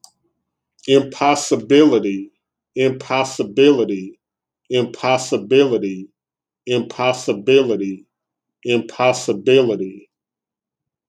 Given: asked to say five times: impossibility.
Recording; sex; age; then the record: repeated word; male; 40 to 49 years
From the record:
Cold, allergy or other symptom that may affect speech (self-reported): no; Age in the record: 44 years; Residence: Alabama, United States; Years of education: 18